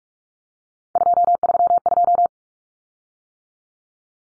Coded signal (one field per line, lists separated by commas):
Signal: Morse code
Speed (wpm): 44 wpm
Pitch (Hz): 700 Hz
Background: none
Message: 232